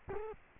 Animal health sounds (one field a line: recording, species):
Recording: mosquito wingbeat signal from an infrared sensor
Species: Culex quinquefasciatus